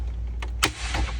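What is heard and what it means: A tool hooked under the bottom center of a plastic MBUX control trim panel on a vehicle dashboard pries at it until the panel's clip snaps out. A faint tick comes at 0.4 s, then a sharp, loud crack as the clip releases at 0.6 s, over a steady low hum. The clip releases and the trim panel comes free.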